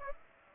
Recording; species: mosquito wingbeat signal from an infrared sensor; Aedes aegypti